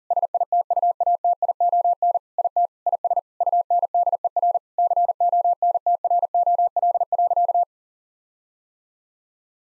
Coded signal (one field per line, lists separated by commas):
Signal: Morse code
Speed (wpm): 40 wpm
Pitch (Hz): 700 Hz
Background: none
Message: SITUATION IT IS UNDER CONTROL.